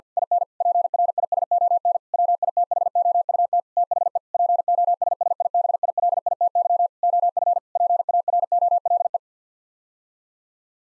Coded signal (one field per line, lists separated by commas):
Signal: Morse code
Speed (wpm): 50 wpm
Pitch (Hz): 700 Hz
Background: none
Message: IN PRISON WITHOUT THE POSSIBILITY OF PAROLE